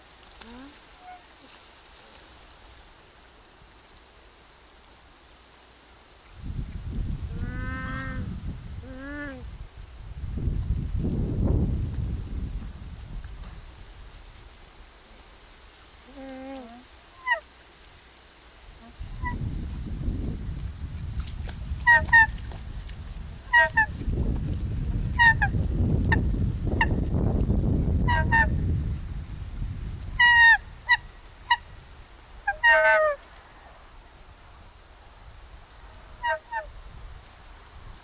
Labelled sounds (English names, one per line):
Hawaiian Goose call